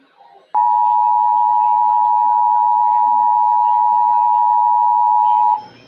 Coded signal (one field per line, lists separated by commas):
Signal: Emergency Alert System (SAME) tones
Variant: 853 and 960 Hz attention tone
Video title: KIH35 Just dies... EAS Alerts from 6/22/22